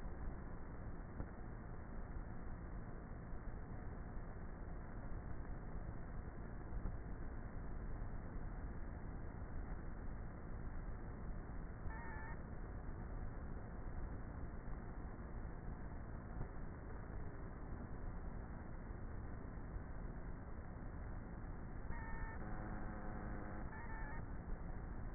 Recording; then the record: honeybee colony, microphone inside the hive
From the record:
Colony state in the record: queenless with a low population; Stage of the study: before two queens were removed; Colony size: about 30,000 bees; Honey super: no